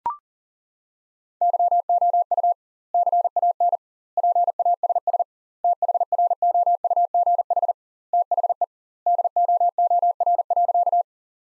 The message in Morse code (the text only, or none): YOU CAN PASS THROUGH THE DOOR.